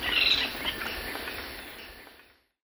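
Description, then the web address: Rufous-winged antwren giving a high call at the start, then fainter notes fading out over background noise. Recorded in Ecuador. "Natures Songs S America Birds of Ecuador Rufous-winged Antwren"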